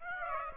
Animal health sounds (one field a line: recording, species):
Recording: mosquito wingbeat signal from an infrared sensor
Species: Aedes aegypti